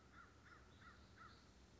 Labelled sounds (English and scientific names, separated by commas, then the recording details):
American Crow (Corvus brachyrhynchos)
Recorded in Sonoma County, California